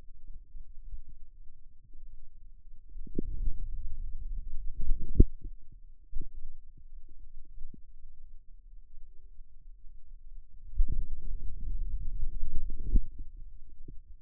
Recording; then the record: forearm muscle sounds (acoustic myography)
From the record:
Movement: wrist flexion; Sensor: system 2, bracelet of six BSWA MPA416 microphones around the upper forearm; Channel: 2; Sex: male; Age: 22 years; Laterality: right